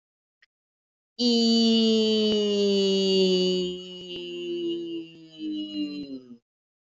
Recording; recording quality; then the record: sustained vowel as in beet; excellent, no background noise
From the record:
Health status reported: healthy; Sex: female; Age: 66 years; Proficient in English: yes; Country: India